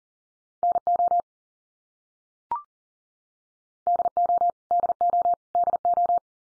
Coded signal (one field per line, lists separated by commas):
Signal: Morse code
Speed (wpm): 40 wpm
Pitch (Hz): 700 Hz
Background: none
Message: NO DO DO DO